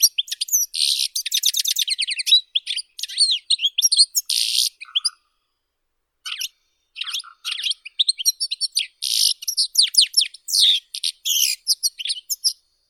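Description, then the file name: European goldfinch song: rapid, liquid twittering with buzzy trills and tinkling notes, pausing briefly near the middle before resuming. "Golosa ptic - CSHegol Carduelis carduelis"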